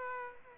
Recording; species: mosquito wingbeat signal from an infrared sensor; Aedes aegypti